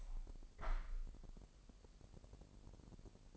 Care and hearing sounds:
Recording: daily activity, microphone in the room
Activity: open window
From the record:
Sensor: 5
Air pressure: 1000.5 hPa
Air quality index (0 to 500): 249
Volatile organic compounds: 35 ppm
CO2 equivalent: 3061 ppm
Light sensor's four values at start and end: 33/77/31/29 and 33/78/31/29

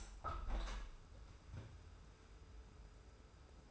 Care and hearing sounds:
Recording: daily activity, microphone in the room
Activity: open window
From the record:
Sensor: 2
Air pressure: 991.2 hPa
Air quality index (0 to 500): 121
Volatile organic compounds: 90 ppm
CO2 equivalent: 3685 ppm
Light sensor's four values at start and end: 37/107/42/40 and 37/108/42/41

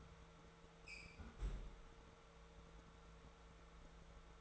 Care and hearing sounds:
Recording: daily activity, microphone in the room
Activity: close fridge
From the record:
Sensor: 3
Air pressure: 1014.8 hPa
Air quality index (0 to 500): 197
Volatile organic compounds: 27 ppm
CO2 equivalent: 2883 ppm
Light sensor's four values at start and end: 20/51/21/22 and 28/71/30/32

